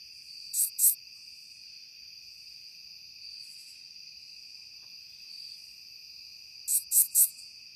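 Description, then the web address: Curve-tailed bush katydid giving short high raspy buzzes in two groups, a pair near the start and three at the end, over a steady high background drone. Recorded in North America. "Songs of Insects. Curve-tailed Bush Katydid"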